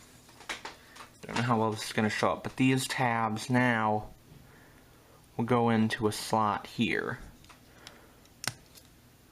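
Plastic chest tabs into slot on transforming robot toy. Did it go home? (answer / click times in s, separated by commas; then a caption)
yes / 8.5 s. Someone talks while pushing the plastic chest-piece tabs of a transforming robot toy into a slot, with a few faint ticks and taps. A sharp click at 8.5 s marks the tabs locking into place so the chest won't be floppy.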